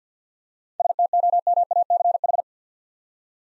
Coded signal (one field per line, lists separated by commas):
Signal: Morse code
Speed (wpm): 46 wpm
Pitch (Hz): 700 Hz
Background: none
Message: STOMACH